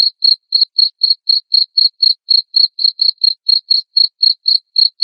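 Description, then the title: Cricket producing sharp high chirps in a steady rhythm of about four per second, nothing else audible. Loud cricket chirping (ngerik) played to make lovebirds sing continuously (ngekek). "Suara JANGKRIK NGERIK Keras Bikin LOVEBIRD Jadi NGEKEK Terus Vubey"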